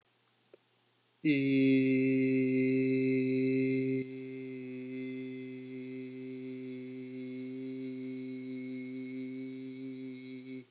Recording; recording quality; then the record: sustained vowel as in beet; excellent, no background noise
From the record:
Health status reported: COVID-19 positive, mild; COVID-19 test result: positive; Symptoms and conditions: cold, sore throat, fatigue, muscle pain, loss of smell and taste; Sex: male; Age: 20 years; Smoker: not ticked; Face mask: not worn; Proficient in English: yes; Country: United States